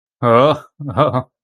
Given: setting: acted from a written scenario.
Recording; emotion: vocal sound without words; embarrassment